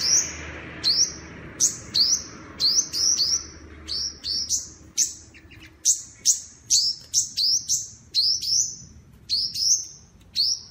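Bird song of short, sharp chirps with a quick upward flick, delivered in rapid irregular bursts, one or two notes every half second or so, with faint low background rumble.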